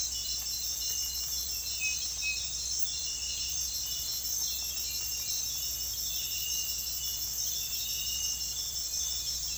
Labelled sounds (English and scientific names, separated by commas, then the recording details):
none
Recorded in dense forest near Puerto Asís, Putumayo, Colombia, on 21 December 2024 at 04:30
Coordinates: 0.486, -76.317
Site G003